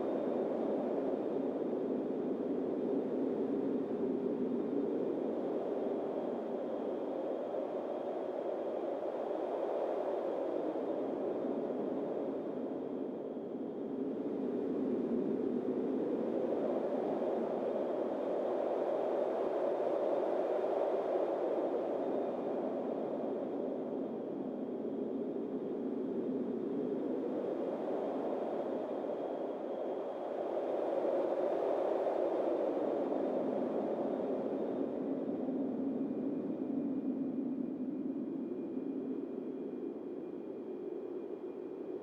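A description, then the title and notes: A calm, slow wind blows as a continuous soft rush, centred in the low-middle range, with gentle swells rising and easing roughly every eight to ten seconds. A faint steady high tone runs through the whole recording beneath the wind. White noise of slow winds of calm.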